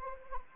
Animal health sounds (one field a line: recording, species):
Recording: mosquito wingbeat signal from an infrared sensor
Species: Anopheles arabiensis